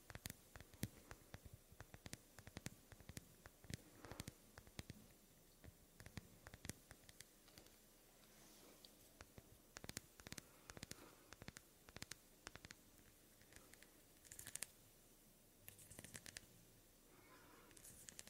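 Soft hand sounds and skin movements: a quiet, continuous rustle broken by frequent sharp little clicks and brushes that come irregularly, several per second in bursts. Brighter scratchy swipes appear around 14 and 16 seconds over a low, steady hush.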